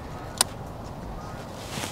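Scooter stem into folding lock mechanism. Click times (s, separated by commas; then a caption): 0.4 s. A SISIGAD electric scooter's stem, after being unhooked, is raised and pushed into its upright folding lock mechanism, giving one loud, sharp snap at 0.4 s over music playing underneath. The unfolded stem locks into place.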